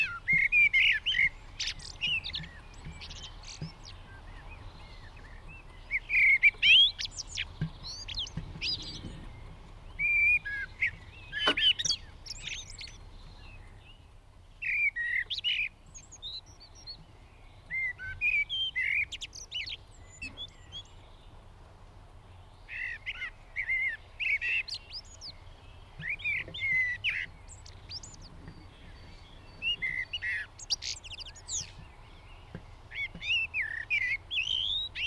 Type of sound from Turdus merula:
song